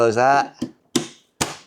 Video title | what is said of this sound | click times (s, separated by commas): A Solar Toilet?! Game Changer or Rip-Off? | hatch will stay latched. | 1.0 s